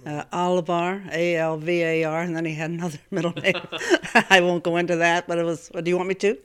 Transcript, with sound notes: Alvar, A-L-V-A-R. And then he had another middle name. (they laugh) I won't go into that, but it was, well, do you want me to?